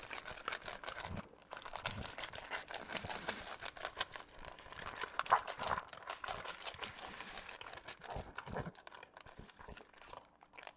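An English Bulldog eats kibble, with dense, irregular crunching and clatter throughout, a brief pause near one second, and low snorting breaths.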